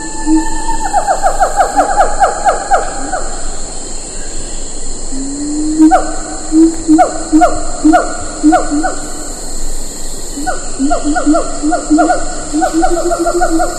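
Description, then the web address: Siamang calling: bursts of rapid whooping notes in quick series, mixed with lower sliding hoots, over a constant shrill insect chorus. "earth naturelibrary assets s si siamang"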